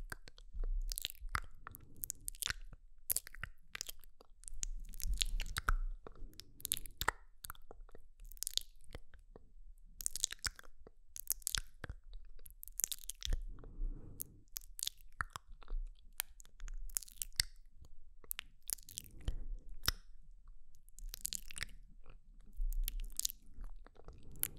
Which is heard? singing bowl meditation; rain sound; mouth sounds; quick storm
mouth sounds